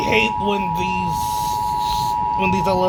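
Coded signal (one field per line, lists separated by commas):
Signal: Emergency Alert System (SAME) tones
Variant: 853 and 960 Hz attention tone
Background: speech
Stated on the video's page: Fictional zombie EAS scenario.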